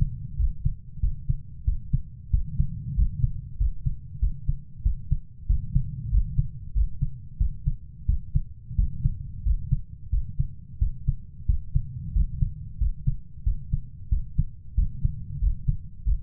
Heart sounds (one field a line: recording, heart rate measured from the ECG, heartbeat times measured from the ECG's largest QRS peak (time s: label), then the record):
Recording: heart sounds by stethoscope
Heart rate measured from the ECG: 92 bpm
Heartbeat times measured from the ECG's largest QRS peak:
0.39 s: heartbeat
1.03 s: heartbeat
1.67 s: heartbeat
2.33 s: heartbeat
2.97 s: heartbeat
3.60 s: heartbeat
4.22 s: heartbeat
4.85 s: heartbeat
5.49 s: heartbeat
6.13 s: heartbeat
6.76 s: heartbeat
7.40 s: heartbeat
8.09 s: heartbeat
8.78 s: heartbeat
9.46 s: heartbeat
10.13 s: heartbeat
10.81 s: heartbeat
11.49 s: heartbeat
12.16 s: heartbeat
12.81 s: heartbeat
13.46 s: heartbeat
14.12 s: heartbeat
14.78 s: heartbeat
15.42 s: heartbeat
16.07 s: heartbeat
From the record:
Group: healthy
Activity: rest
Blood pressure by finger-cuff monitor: 142/69 mmHg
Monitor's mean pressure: 89 mmHg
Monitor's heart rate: 91 bpm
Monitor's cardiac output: 8.7 L/min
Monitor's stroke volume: 96 mL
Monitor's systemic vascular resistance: 740 dyn s/cm5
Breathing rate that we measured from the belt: 20 breaths a minute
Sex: male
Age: 21 years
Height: 175 cm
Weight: 72.6 kg